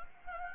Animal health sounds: mosquito wingbeat signal from an infrared sensor; Anopheles gambiae

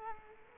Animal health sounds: mosquito wingbeat signal from an infrared sensor; Culex quinquefasciatus

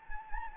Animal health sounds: mosquito wingbeat signal from an infrared sensor; Anopheles gambiae

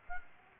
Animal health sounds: mosquito wingbeat signal from an infrared sensor; Aedes aegypti

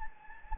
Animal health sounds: mosquito wingbeat signal from an infrared sensor; Anopheles gambiae

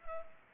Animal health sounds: mosquito wingbeat signal from an infrared sensor; Culex pipiens

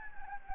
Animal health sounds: mosquito wingbeat signal from an infrared sensor; Anopheles gambiae

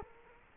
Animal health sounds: mosquito wingbeat signal from an infrared sensor; Culex quinquefasciatus

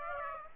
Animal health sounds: mosquito wingbeat signal from an infrared sensor; Aedes aegypti

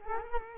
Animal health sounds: mosquito wingbeat signal from an infrared sensor; Culex quinquefasciatus

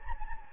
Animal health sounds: mosquito wingbeat signal from an infrared sensor; Anopheles gambiae

